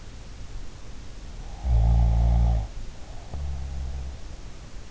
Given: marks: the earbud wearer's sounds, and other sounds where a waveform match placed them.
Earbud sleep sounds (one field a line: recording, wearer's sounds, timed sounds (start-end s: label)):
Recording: sounds in sleep by an in-ear microphone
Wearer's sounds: snoring breath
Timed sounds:
1.57-4.16 s: snoring breath